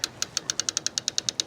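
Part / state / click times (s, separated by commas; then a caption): ratcheting hold-down arm of a truck-mounted bike rack tray, clamping onto a bike tire / seated / 0.6 s, 0.8 s, 0.9 s, 1.1 s, 1.3 s, 1.4 s. The ratcheting hold-down arm of a truck-mounted bike rack tray (a Kuat IBEX rack on a Toyota Tundra) is pushed down onto a bike tire set in the tray, giving a steady series of short, sharp ratchet clicks. Clicks land at 0.6, 0.8, 0.9, 1.1, 1.3 and 1.4 seconds, among others, as the arm locks against the tire and seats, putting pressure on it.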